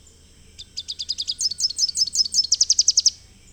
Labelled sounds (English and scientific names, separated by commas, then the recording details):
Rufous-capped Warbler (Basileuterus rufifrons) song
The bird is a male
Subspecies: salvini
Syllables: 26
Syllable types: 4
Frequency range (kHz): 2.7-8.4 kHz
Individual TX-SGN-M